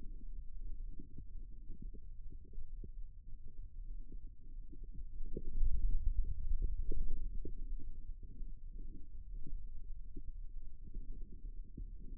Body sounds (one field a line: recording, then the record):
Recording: forearm muscle sounds (acoustic myography)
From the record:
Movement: ulnar deviation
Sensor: system 2, bracelet of six BSWA MPA416 microphones around the upper forearm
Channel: 4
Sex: male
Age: 22 years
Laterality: right